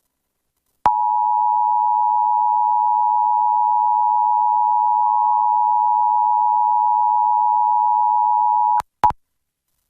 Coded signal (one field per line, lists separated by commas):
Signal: Emergency Alert System (SAME) tones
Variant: 853 and 960 Hz attention tone